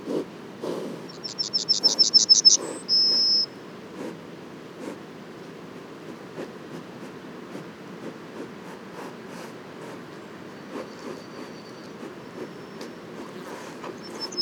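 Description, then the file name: Yellowhammer song, one phrase early on: a rapid string of high notes followed by a long drawn-out final note, then faint background hiss and soft ticks. Several Yellowhammers at Les Alisiers on 21 July 2020. "200721-11-bruants-jaunes-Les-Alisiers"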